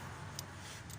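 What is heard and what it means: A metal valve cup is pushed onto a rocker arm of an Isuzu D-Max pickup diesel engine and snaps into place with a sharp click at 0.4 s, followed by a fainter tick near 0.9 s. A steady low hum runs underneath, and the cup is seated on the rocker arm.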